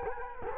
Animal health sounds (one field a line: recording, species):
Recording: mosquito wingbeat signal from an infrared sensor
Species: Culex quinquefasciatus